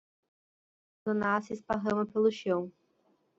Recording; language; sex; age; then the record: short text; Brazilian Portuguese; female; 20 to 29 years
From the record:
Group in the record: control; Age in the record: 20 years